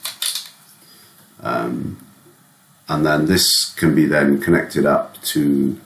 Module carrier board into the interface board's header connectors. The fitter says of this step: so the board just clicks in place like this